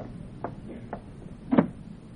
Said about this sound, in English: Close the other door, will you? Sure.